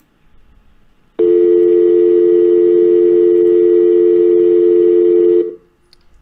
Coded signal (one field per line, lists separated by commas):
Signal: telephone call progress tone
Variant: North America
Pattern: dial tone